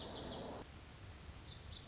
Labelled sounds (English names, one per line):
Lazuli Bunting